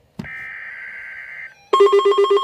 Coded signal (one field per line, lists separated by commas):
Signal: Emergency Alert System (SAME) tones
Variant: header bursts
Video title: Severe Thunderstorm Warning - EAS #431